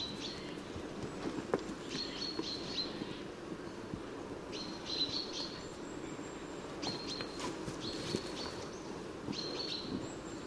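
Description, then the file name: Common chaffinch calls: short, thin, level notes repeated at irregular intervals of a second or two over steady rushing background noise, with faint higher ticks. "Fringilla coelebs"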